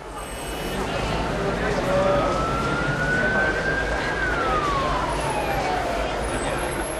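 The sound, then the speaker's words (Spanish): Busy city street traffic rumbles steadily while a single siren wails through it, its tone climbing slowly and then sliding back down over several seconds. “Había mucha gente por la calle, coches cruzando.”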